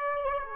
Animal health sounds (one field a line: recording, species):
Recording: mosquito wingbeat signal from an infrared sensor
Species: Aedes aegypti